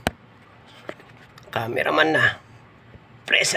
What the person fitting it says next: Ayan. Nadinig nyo naman. Tumunog. Ibig sabihin, naglock na siya nun.